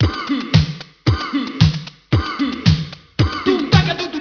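An adult coughing repeatedly, about once a second.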